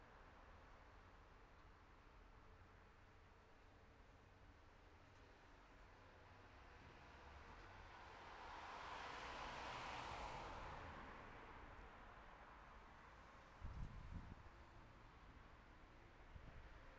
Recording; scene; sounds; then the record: everyday scene through a hearing-aid microphone; in traffic; traffic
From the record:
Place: city secondary road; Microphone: behind the ear, left, rear